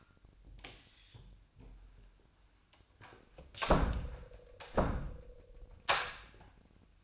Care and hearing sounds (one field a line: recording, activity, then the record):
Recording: daily activity, microphone in the room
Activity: close door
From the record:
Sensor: 2